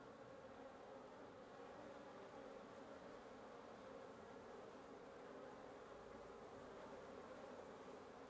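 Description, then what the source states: Wasp nest humming, a full continuous buzz of many wings without pause, slightly varying in tone. Wasp nest under the roof of a residence in Antigua Guatemala, Guatemala, recorded in the morning; headphone listening recommended.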